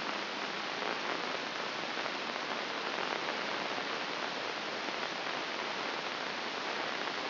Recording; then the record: brain microelectrode recording played as sound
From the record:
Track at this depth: inside the subthalamic nucleus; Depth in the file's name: 2.234 mm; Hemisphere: left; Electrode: 2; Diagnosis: Parkinson's disease